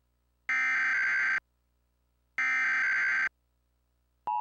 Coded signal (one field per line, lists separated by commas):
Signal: Emergency Alert System (SAME) tones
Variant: header bursts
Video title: Vecima CableVista EAS Demo